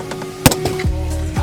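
A plastic interior light/trim housing in the roof lining of an Audi A3, held by two clips, is pried loose without knowing how the clips release. A sharp pop at 0.5 s (0.46 s), with a smaller follow-up tick at 0.5 s (0.52 s), marks the clips letting go. The housing comes free and nothing snaps.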